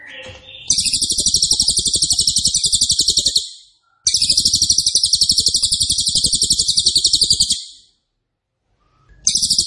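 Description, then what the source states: Cililin repeating long, sharp, rapid-fire high trills of about three seconds each, with brief pauses between bursts. Loud, dense, rapid-fire song ('nembak keras dan rapat'), presented as a favourite training recording (masteran) for oriental magpie-robin, leafbird and white-rumped shama.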